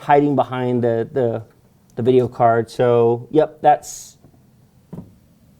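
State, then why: Seated. After talking stops, a lone crisp click at 4.9 s marks the connector snapping home.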